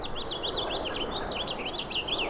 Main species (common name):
House Finch